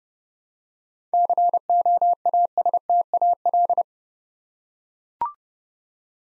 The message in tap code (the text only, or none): none